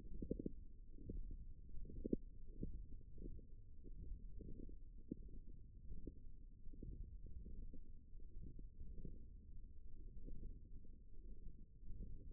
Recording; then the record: forearm muscle sounds (acoustic myography)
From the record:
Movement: wrist flexion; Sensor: system 1, eight BSWA MPA416 microphones around the upper forearm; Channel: 4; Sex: female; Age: 22 years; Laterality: right